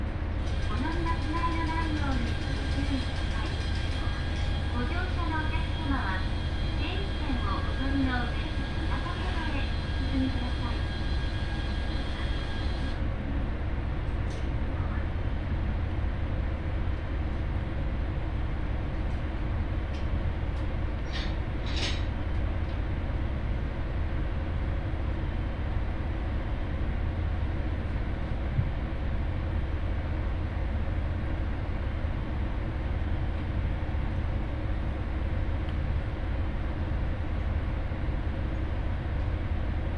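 A ride aboard an Ihara Railway train from Souun-no-Sato Ebara to Soja, with a steady low rumble of the car running throughout. Voices and a bright tone are heard over the first thirteen seconds, then short clicks and rattles come around twenty seconds.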